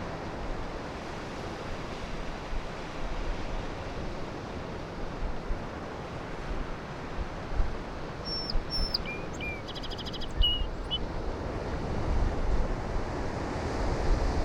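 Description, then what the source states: Song sparrow gives a brief song of downslurred notes and a fast trill, set against loud, unbroken surf noise. On Low Island; song sounded different from local town sparrows; distant surf throughout; very light breeze with a little wind noise; handheld Sony PCM-M10.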